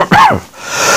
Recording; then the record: coughing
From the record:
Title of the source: Heavy cold and sore throat coughing.